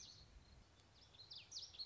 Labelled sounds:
Common Yellowthroat (Geothlypis trichas)

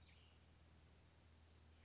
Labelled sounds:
Western Flycatcher (Empidonax difficilis)

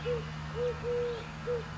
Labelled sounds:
Eurasian Collared Dove (Streptopelia decaocto)

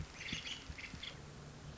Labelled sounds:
Nuttall's Woodpecker (Dryobates nuttallii)

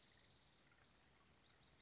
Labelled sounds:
Western Flycatcher (Empidonax difficilis)

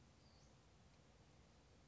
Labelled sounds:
Western Flycatcher (Empidonax difficilis)

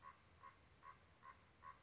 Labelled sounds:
Common Raven (Corvus corax)

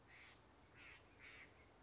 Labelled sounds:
Steller's Jay (Cyanocitta stelleri)

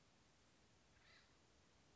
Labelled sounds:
Acorn Woodpecker (Melanerpes formicivorus)

